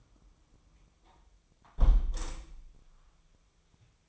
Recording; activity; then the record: daily activity, microphone in the room; close window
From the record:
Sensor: 1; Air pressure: 1004.7 hPa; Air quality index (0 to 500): 104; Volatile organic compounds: 3 ppm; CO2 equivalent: 1433 ppm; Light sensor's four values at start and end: 7/17/6/7 and 7/16/6/6